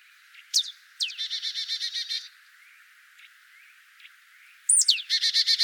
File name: Poecile palustris